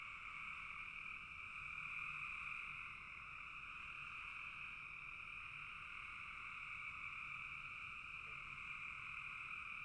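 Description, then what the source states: Frogs calling in a dense, continuous chorus, a steady trilling buzz in two bands, one higher and one lower, swelling slightly early on. Several frogs calling in a bog.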